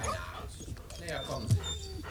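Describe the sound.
Several dogs bark and yip in a busy, overlapping tangle in a forest, with a sharp louder bark standing out midway and human voices mixed into the commotion.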